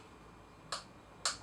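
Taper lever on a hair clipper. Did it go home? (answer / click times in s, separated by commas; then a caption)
yes / 0.7 s, 1.2 s. The taper lever on a hair clipper is clicked through its detent positions one click at a time, with two sharp clicks heard at 0.7 s and 1.3 s over a quiet background. The lever seats into four detents in total, and the four clicks are confirmed.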